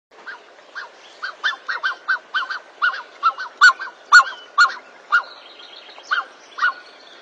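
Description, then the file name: Black-necked swan calls: an uneven series of nasal honks, about two a second, with fainter notes in between. "Canto do cisne de pescoco preto"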